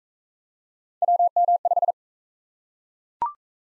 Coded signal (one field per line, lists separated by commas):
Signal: Morse code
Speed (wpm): 40 wpm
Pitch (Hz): 700 Hz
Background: none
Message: WM5